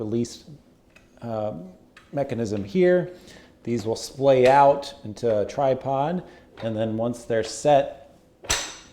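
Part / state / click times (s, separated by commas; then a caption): tripod leg release latch on a C-stand base / seated / 8.5 s. The folded legs of a C-stand base for a smartphone video rig are released with the tripod leg release latch and splayed out into a tripod while someone talks. At 8.5 s a sharp, bright click sounds as the release mechanism snaps back down and locks the legs in place.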